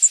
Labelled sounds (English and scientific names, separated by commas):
Blackpoll Warbler (Setophaga striata) flight call